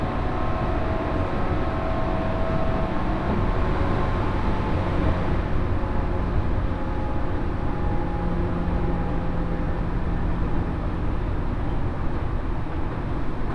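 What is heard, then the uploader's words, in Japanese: A local train rides between stations with a steady, dense low rumble, faint whining tones drifting in and out, and constant cabin noise throughout. 仙石線 普通 松島海岸→石巻。仙台からの通勤通学客を主に乗せた電車も徐々に人が減っていく感じが分かります。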